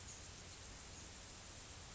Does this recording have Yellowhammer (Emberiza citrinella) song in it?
no